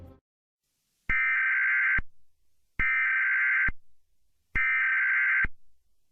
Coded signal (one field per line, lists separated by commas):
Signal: Emergency Alert System (SAME) tones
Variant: header bursts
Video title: GSMK EAS Scenario: The Horror 2011. Year of the End. (New Year Special!)